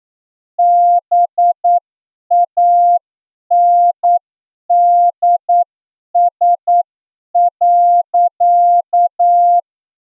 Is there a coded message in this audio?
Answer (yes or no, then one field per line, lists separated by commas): yes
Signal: Morse code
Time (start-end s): 0.6-9.6 s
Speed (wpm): 9 wpm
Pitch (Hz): 700 Hz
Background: none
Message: BANDS.